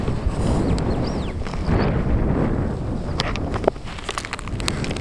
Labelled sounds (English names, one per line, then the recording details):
Superb Starling flight call
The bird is a female
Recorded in Kenya on 21 July 2010
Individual 84, of group SRB1